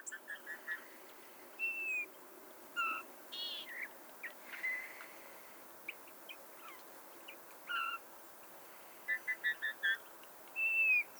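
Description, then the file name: Eurasian bullfinch giving soft, piping whistled notes, some slightly falling, scattered throughout. "Pyrrhula pyrrhula"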